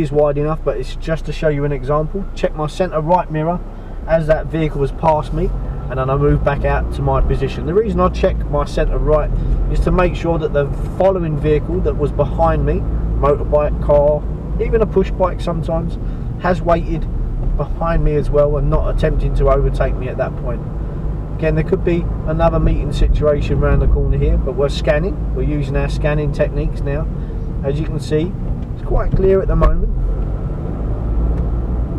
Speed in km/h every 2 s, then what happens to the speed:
0, 0, 8, 15, 19, 24, 27, 24, 18, 18, 24, 26, 26, 23, 18, 24.
0-3 standing. 3-11 pulls away to 27. 14-16 slows to 18. 18-21 speeds up to 26. 21-29 slows to 18. 29-32 speeds up to 24.